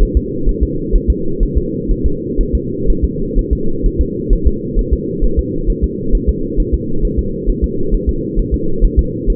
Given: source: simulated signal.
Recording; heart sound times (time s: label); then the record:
fetal heart sounds
0.03 s: S1
0.17 s: S2
0.49 s: S1
0.63 s: S2
0.96 s: S1
1.10 s: S2
1.43 s: S1
1.58 s: S2
1.91 s: S1
2.06 s: S2
2.41 s: S1
2.55 s: S2
2.90 s: S1
3.05 s: S2
3.39 s: S1
3.53 s: S2
3.86 s: S1
4.01 s: S2
4.33 s: S1
4.47 s: S2
4.79 s: S1
4.93 s: S2
5.24 s: S1
5.39 s: S2
5.70 s: S1
5.84 s: S2
6.15 s: S1
6.29 s: S2
6.60 s: S1
6.74 s: S2
7.05 s: S1
7.19 s: S2
7.50 s: S1
7.64 s: S2
7.94 s: S1
8.09 s: S2
8.39 s: S1
8.54 s: S2
8.84 s: S1
8.99 s: S2
9.30 s: S1
From the record:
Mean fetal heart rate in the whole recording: 130 bpm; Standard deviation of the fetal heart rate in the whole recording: 4 bpm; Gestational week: 38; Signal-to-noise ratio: -8.1 dB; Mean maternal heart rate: 72 bpm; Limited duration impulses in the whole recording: present